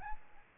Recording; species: mosquito wingbeat signal from an infrared sensor; Aedes albopictus